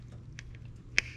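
A new valve stem seal is pressed down onto the valve guide of an engine cylinder head with an installer tool, using body weight. After a faint tick at 0.4 s, a sharp, bright click sounds at 1.0 s as the seal seats onto the guide.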